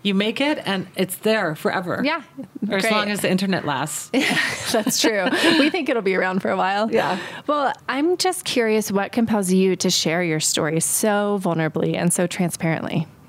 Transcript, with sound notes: You make it and it's there forever as long as the internet lasts.
[laughter] That's true. We think it'll be around for a while.
Yes.
Well, I'm just curious what compels you to share your story, so vulnerably and so transparently?